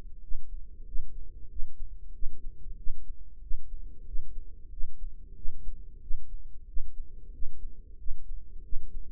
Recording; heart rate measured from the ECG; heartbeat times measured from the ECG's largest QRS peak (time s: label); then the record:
heart sounds by microphone in the right ear; 93 bpm
0.22 s: heartbeat
0.86 s: heartbeat
1.50 s: heartbeat
2.14 s: heartbeat
2.77 s: heartbeat
3.42 s: heartbeat
4.06 s: heartbeat
4.71 s: heartbeat
5.36 s: heartbeat
6.02 s: heartbeat
6.68 s: heartbeat
7.33 s: heartbeat
7.98 s: heartbeat
8.64 s: heartbeat
From the record:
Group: healthy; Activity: rest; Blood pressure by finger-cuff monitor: 119/72 mmHg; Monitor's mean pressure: 88 mmHg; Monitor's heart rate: 94 bpm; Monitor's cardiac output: 6.4 L/min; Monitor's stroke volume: 69 mL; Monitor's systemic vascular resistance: 1000 dyn s/cm5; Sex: female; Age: 43 years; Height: 160 cm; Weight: 90 kg